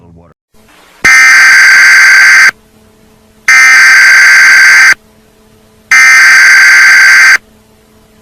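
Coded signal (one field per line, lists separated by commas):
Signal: Emergency Alert System (SAME) tones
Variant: header bursts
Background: speech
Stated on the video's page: Mock tornado warning with valid SAME tones, made as an audio test for future mocks.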